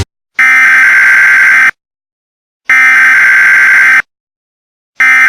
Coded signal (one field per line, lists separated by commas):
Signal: Emergency Alert System (SAME) tones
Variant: header bursts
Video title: (EAS Scenario) Invasion by Aliens